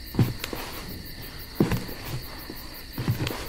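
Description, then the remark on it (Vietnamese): At night, three soft, scraping scuffs of slippers dragging on the road beside a house's back yard, spaced about a second and a half apart, over a steady high chirring of crickets. “Giống tiếng dép trà lên mặt đường bên sân sau nhà cậu Cường.”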